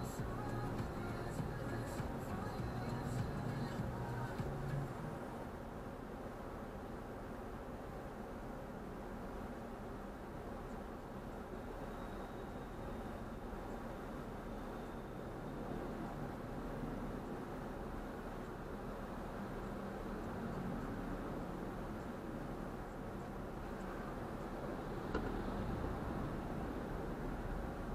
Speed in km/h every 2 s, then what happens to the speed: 5, 4, 3, 2, 0, 1, 0, 1, 1, 1, 1, 0, 0, 2.
0-6 steady at about 3. 6-26 standing.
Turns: none.